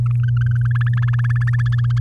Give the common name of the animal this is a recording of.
Domestic Canary